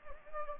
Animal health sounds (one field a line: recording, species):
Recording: mosquito wingbeat signal from an infrared sensor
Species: Anopheles gambiae